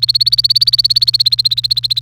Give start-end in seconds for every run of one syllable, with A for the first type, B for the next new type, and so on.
0.00-2.00 A